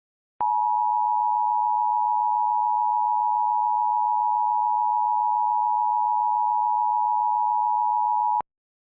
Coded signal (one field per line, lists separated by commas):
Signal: Emergency Alert System (SAME) tones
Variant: 853 and 960 Hz attention tone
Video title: Don’t Approach It; An EAS Scenario